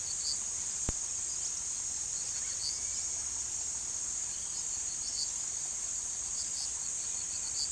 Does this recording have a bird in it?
no